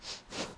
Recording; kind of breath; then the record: one breath in and out by a microphone near the nose and mouth; strong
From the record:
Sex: male